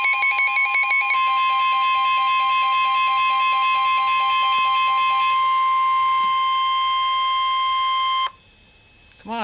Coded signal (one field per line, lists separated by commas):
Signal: Emergency Alert System (SAME) tones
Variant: 1050 Hz attention tone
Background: speech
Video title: EAS Alert #145- Severe T-storm Warning 6/16/12